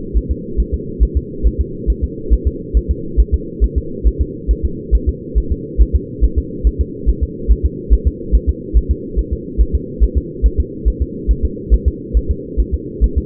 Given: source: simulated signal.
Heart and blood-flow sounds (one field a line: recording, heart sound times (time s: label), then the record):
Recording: fetal heart sounds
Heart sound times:
0.17 s: S1
0.31 s: S2
0.60 s: S1
0.74 s: S2
1.03 s: S1
1.17 s: S2
1.47 s: S1
1.61 s: S2
1.90 s: S1
2.04 s: S2
2.33 s: S1
2.47 s: S2
2.77 s: S1
2.91 s: S2
3.20 s: S1
3.34 s: S2
3.64 s: S1
3.78 s: S2
4.07 s: S1
4.22 s: S2
4.51 s: S1
4.65 s: S2
4.95 s: S1
5.09 s: S2
5.38 s: S1
5.52 s: S2
5.81 s: S1
5.96 s: S2
6.24 s: S1
6.38 s: S2
6.67 s: S1
6.81 s: S2
7.09 s: S1
7.23 s: S2
7.51 s: S1
7.66 s: S2
7.93 s: S1
8.08 s: S2
8.35 s: S1
8.49 s: S2
8.77 s: S1
8.91 s: S2
9.19 s: S1
9.33 s: S2
9.61 s: S1
9.75 s: S2
10.03 s: S1
10.18 s: S2
10.46 s: S1
10.60 s: S2
10.88 s: S1
11.02 s: S2
11.31 s: S1
11.45 s: S2
11.74 s: S1
11.88 s: S2
12.17 s: S1
12.31 s: S2
12.60 s: S1
12.74 s: S2
13.04 s: S1
13.18 s: S2
From the record:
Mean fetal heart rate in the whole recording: 140 bpm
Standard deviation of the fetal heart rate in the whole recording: 2 bpm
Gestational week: 34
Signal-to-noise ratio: -4.3 dB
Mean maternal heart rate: 72 bpm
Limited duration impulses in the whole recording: absent